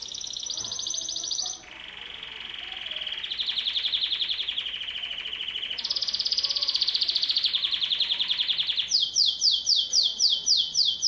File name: Canary Sound